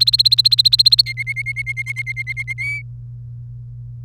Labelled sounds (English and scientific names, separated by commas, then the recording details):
Domestic Canary (Serinus canaria) song
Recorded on 1 May 2018 at 17:13
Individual llb3